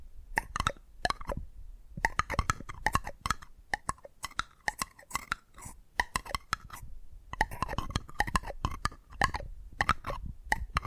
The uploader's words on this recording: ASMR 10 Addictive Tapping Triggers to Wake Up Your Tingles! (No Talking).